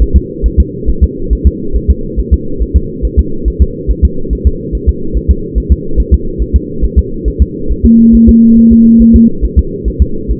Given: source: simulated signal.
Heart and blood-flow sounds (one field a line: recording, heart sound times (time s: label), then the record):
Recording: fetal heart sounds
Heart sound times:
0.02 s: S1
0.16 s: S2
0.46 s: S1
0.60 s: S2
0.89 s: S1
1.04 s: S2
1.33 s: S1
1.47 s: S2
1.76 s: S1
1.90 s: S2
2.19 s: S1
2.34 s: S2
2.62 s: S1
2.76 s: S2
3.05 s: S1
3.19 s: S2
3.48 s: S1
3.62 s: S2
3.91 s: S1
4.05 s: S2
4.33 s: S1
4.47 s: S2
4.75 s: S1
4.89 s: S2
5.17 s: S1
5.31 s: S2
5.58 s: S1
5.72 s: S2
6.00 s: S1
6.14 s: S2
6.42 s: S1
6.56 s: S2
6.84 s: S1
6.99 s: S2
7.28 s: S1
7.42 s: S2
7.71 s: S1
7.86 s: S2
8.15 s: S1
8.29 s: S2
8.59 s: S1
8.73 s: S2
9.02 s: S1
9.16 s: S2
9.45 s: S1
9.59 s: S2
9.88 s: S1
10.02 s: S2
10.31 s: S1
From the record:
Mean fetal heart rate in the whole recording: 140 bpm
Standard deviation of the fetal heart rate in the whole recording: 2 bpm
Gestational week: 34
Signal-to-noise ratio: -8.1 dB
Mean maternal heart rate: 72 bpm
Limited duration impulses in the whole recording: present